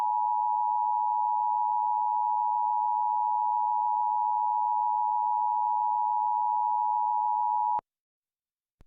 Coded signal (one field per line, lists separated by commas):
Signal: Emergency Alert System (SAME) tones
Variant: 853 and 960 Hz attention tone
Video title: EAS RMT In Washington DC (12-21-22 WHUT-DT1)